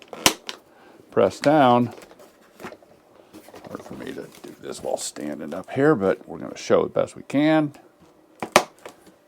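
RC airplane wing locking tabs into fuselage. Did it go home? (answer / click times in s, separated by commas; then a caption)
yes / 8.6 s. Someone talks while pressing down on the small tabs underneath the foam wing of an FMS Cessna 182 1.5M RC plane to lock it into the fuselage. A sharp tap sounds near the start, and a sharp click at 8.6 s confirms the wing tab has clicked into place and the wing is seated.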